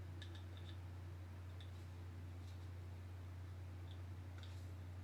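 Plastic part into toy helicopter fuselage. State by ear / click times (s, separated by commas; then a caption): not seated / none. A plastic assembly part is handled against the fuselage of a G.I. Joe HASLAB Dragonfly XH-1 toy helicopter, giving faint, brief ticks around 0.2, 0.6 and 4.4 seconds over a steady low hum. Nothing has seated or clicked into place yet.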